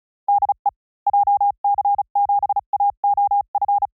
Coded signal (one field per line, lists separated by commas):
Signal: Morse code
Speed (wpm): 36 wpm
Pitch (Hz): 810 Hz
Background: none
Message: DE JC7AOF